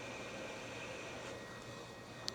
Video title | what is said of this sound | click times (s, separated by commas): Trying to fix a Panasonic Lumix G7 | All right, it snapped into place. | 2.3 s